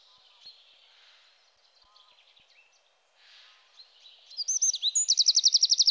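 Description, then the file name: Eurasian wren bursting into a fast, ringing trill near the end after several seconds of faint, indistinct twittering. "Troglodyte mignon"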